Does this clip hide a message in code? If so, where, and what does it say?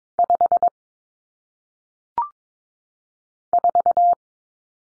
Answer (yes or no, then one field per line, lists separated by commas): yes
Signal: Morse code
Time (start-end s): 0.2-4.1 s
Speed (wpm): 22 wpm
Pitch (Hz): 700 Hz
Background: none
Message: 5 4